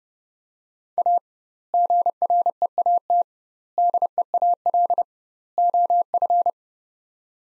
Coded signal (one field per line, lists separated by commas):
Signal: Morse code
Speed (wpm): 30 wpm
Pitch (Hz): 700 Hz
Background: none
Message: A GREAT DEAL OF